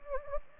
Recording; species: mosquito wingbeat signal from an infrared sensor; Anopheles gambiae